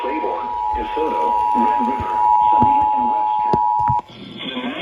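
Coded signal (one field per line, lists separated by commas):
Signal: Emergency Alert System (SAME) tones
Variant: 853 and 960 Hz attention tone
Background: speech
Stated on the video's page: EAS alerts, including a tornado watch, from a real severe weather event.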